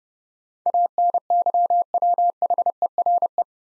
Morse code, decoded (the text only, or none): ANYWHERE